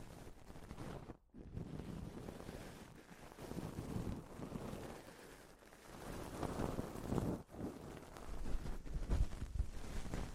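A microphone is slowly grabbed and handled, giving a dense, rumbling rustle weighted toward the low end that swells and fades unevenly. The sound drops out briefly just after one second and dips again near six and seven seconds, with heavier low thumps toward the end.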